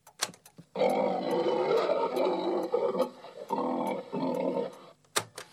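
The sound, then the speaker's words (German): A pig named Einstein grunts as if speaking, in a long, continuous run of low, throaty snorts broken into phrases, with a few sharp clicks and snorts at the start and end. “Einstein spricht den zweiten Hauptsatz der Thermodynamik.”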